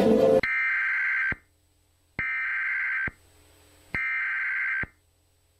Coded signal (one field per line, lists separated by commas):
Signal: Emergency Alert System (SAME) tones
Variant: header bursts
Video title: EAS Mock:Ya Like Jazz?